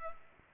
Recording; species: mosquito wingbeat signal from an infrared sensor; Culex pipiens